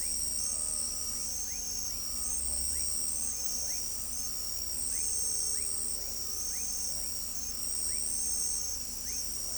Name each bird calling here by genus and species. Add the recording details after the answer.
none. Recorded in pastures near Pivijay, Magdalena, Colombia, on 3 June 2023 at 01:00. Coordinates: 10.456, -74.369. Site P6-G026